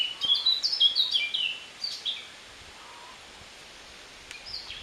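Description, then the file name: Eurasian blackcap song: a quick run of varied warbled notes in the first second and a half, then a few scattered chirps and a brief high phrase near the end. "Sylvia atricapilla"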